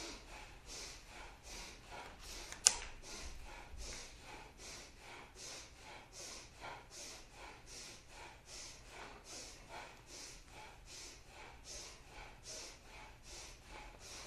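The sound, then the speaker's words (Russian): Rapid, forceful bhastrika bellows breathing through the nose: sharp hissing snorts in a steady, even rhythm of about two per second, sustained for the whole stretch with no talking. “Поехали в бхастрику дышим.”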